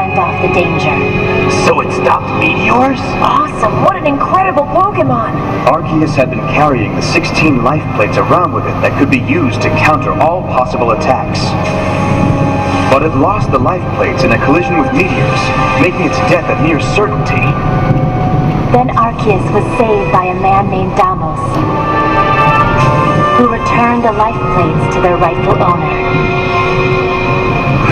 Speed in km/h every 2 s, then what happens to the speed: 95, 97, 100, 102, 105, 108, 111, 113, 114, 114, 114, 114, 114, 114.
0-15 speeds up to 114. 15-28 steady at about 114.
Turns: none.